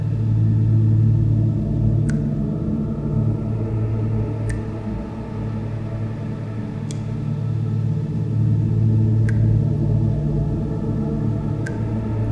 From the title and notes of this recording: The piece "Room" combines room tones sampled from several films, sfx libraries, with field recordings of other rooms and spaces. These sound sources are processed to highlight the various inherent or imagined states of dramatic narrative possible with their acoustic properties.